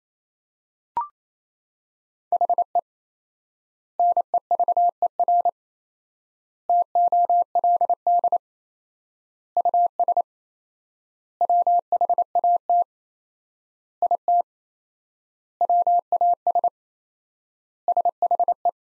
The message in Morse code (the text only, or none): HE NEVER TOLD US WHAT IT WAS SHE